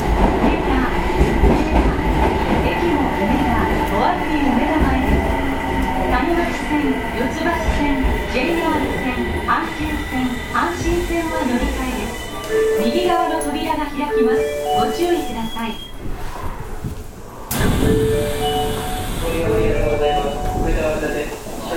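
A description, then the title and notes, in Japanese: A subway train runs with a steady low rumble and wheel noise. The motor whine slides in pitch early on, then from about 12 seconds breaks into stepped tones as the train slows, with a sharp clack near 17 seconds. 大阪市交 30000系 新大阪からなんばまで。大阪市交通局の30000系電車の走行音です。御堂筋線にて収録しました。区間は、新大阪からなんばまでです。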